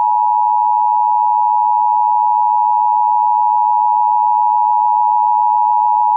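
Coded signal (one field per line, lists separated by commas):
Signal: Emergency Alert System (SAME) tones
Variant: 853 and 960 Hz attention tone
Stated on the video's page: Imagined EAS alert for a store radio, not real.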